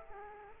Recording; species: mosquito wingbeat signal from an infrared sensor; Culex quinquefasciatus